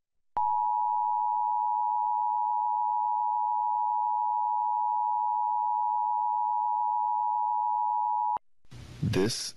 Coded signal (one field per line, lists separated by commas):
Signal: Emergency Alert System (SAME) tones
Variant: 853 and 960 Hz attention tone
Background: speech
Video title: (WNEP) National EAS Test (9/27/17)